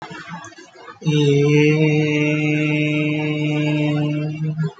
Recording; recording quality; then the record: sustained vowel as in made; excellent, no background noise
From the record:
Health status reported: healthy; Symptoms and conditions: none ticked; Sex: male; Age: 24 years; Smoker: not ticked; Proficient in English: yes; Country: India